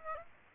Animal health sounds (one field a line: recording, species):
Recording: mosquito wingbeat signal from an infrared sensor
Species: Aedes aegypti